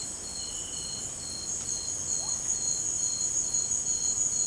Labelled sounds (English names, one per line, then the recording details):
none
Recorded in dense forest near Puerto Asís, Putumayo, Colombia, on 19 March 2025 at 17:30
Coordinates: 0.481, -76.323
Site G088